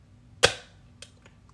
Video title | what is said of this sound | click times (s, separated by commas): Week 18 with the Medtronic 770g | a little click um it could sting just because it's entering | 0.4 s